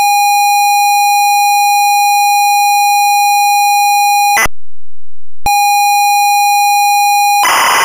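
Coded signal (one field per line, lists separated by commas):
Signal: ZX Spectrum tape loading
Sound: steady buzzy pilot tone, a click and silence, pilot tone again, then harsh data screech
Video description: Versión para ZX Spectrum de la canción Bibo, con su carga y todo.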